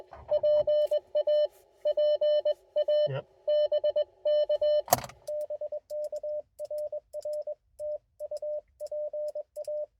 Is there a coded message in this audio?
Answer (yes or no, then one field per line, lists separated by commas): yes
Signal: Morse code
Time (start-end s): 0.3-9.8 s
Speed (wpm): 22 wpm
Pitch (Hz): 590 Hz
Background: radio noise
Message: PA PA BK BK RR TU PA